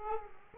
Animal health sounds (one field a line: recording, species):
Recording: mosquito wingbeat signal from an infrared sensor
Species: Aedes aegypti